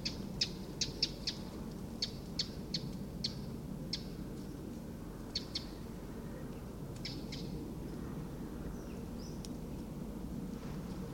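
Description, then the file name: Eurasian wren tick calls, dry clicking notes in short irregular bursts with pauses between, over a steady low rumble of background noise. "Troglodytes troglodytes"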